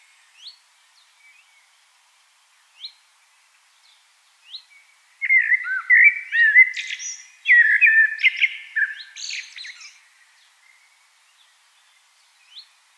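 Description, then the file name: Common blackbird song, one long rich warbling phrase with twittering high notes, set between scattered soft, short calls. "Turdus merula"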